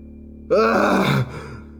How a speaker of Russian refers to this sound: С криком подпрыгнул Суга Аята. Горло жадно заглатывало воздух. Сгребая кислород ко рту обеими руками, Суга не дышал, а скорее ел его.